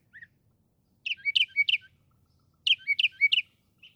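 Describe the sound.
Northern mockingbird song: a complex warbled phrase of quick rising and falling notes, given twice with a short pause.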